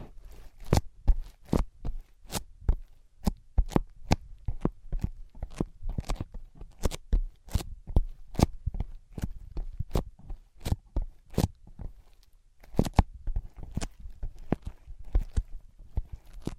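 Tapping on ear pads: sharp, crisp taps land in a steady rhythm of roughly two per second, each with a soft thud underneath. The pattern briefly thins and pauses near the twelve-second mark, then resumes at the same even pace.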